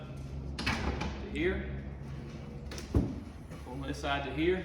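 Someone talks while the convertible lounger backrest on a 2021 Sylvan L3 DLZ Bar pontoon boat seat frame is pulled up and swung over toward its bar-top position. Knocks and thumps from the handling come at about 0.6, 1.0 and 2.7–3.0 s. The backrest has not yet locked into place, and nothing has seated by the end.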